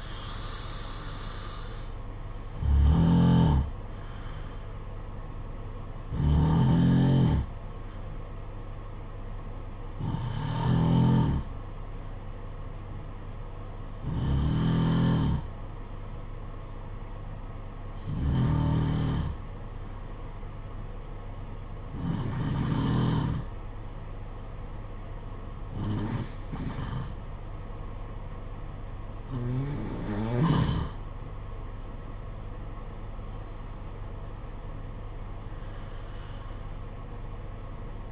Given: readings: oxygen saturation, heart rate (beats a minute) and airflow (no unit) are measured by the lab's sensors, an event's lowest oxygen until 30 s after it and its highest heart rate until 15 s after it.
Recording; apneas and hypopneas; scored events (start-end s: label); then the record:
breathing in sleep by a smartphone at the bedside; 1
11.00-34.00 s: hypopnea (N1, oxygen 94% highest, then 92% lowest, heart rate 54 at the start, 57 highest)
From the record:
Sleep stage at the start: N1 (lightest sleep); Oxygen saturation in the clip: 89 to 94%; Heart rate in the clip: 52 to 60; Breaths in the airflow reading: 9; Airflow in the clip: -7.8 to 5.3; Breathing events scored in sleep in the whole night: 476 in 9.7 hours asleep